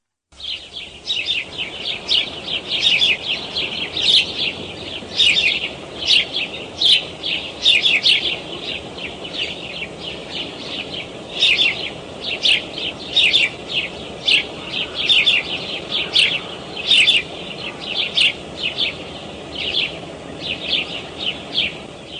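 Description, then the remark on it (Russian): House sparrows chirp continuously in a lively, overlapping chorus of short, bright, high-pitched calls repeated in quick bursts, with a steady low background hum and no voices. “Люблю их весенние бодрые чириканье.”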